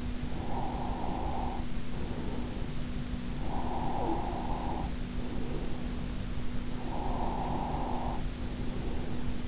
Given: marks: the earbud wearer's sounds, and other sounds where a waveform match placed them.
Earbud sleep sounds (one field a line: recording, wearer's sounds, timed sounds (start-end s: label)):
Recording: sounds in sleep by an in-ear microphone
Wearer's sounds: breath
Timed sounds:
0.32-2.56 s: breath
3.49-6.01 s: breath
6.62-9.48 s: breath